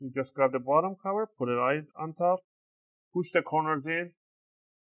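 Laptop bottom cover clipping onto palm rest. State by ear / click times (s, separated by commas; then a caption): not seated / none. Someone talks while the plastic bottom cover of a Lenovo Ideapad 3 15IIL05 81WE laptop is placed back on top of the palm rest, ready for its corners to be pushed in. Only the talking is heard, with no clicks. The cover's clips have not snapped home yet, and nothing has seated or clicked by the end of the clip.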